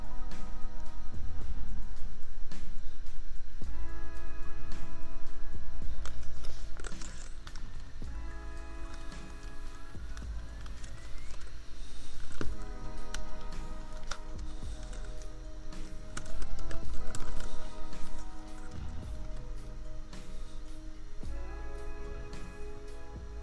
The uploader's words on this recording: Typing. Just a lazy evening of keyboard tapping, royalty-free lofi beats, and an annoying laptop fan hum that no amount of equalizers or compressors could ever truly remove.